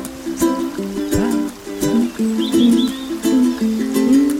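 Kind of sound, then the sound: bird, birds chirping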